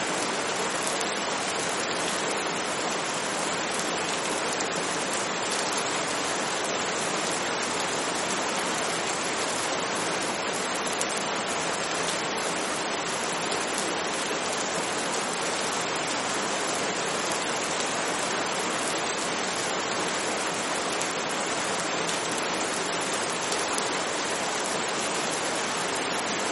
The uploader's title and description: Hot Summer Rain White Noise. Heavy, torrential, summer rain that cools down the pavement